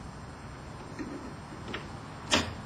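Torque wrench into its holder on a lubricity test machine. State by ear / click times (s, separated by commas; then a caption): seated / 1.7 s. A torque wrench is reattached to its metal holder on a lubricity test machine and snaps into place with a sharp click at 1.7 seconds. A louder knock follows near 2.3 seconds over a steady low background hum.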